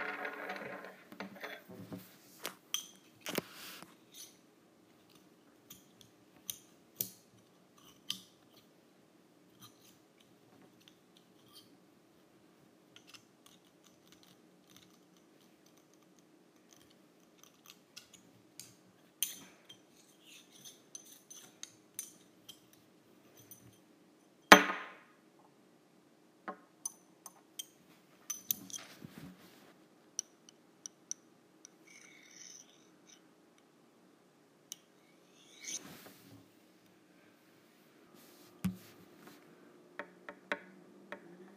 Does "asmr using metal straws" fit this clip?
yes